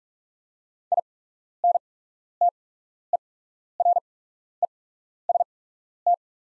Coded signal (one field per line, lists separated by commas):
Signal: Morse code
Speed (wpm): 44 wpm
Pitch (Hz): 700 Hz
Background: none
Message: INTEREST